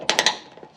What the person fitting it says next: Voilà, c'est clipsé.